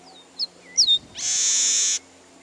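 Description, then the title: Bird calls: a brief high chirp, then two sharp downslurred whistled notes, followed by a loud harsh buzzy burst lasting almost a second, over a faint steady background hum. "LuckyPassaro Completos2Sama"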